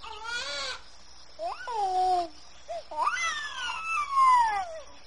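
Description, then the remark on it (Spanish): A human baby crying in the jungle in several short, wavering wails, high-pitched and rising then falling, with brief pauses between bursts and the last cry the loudest and longest. “Era un cachorro humano.”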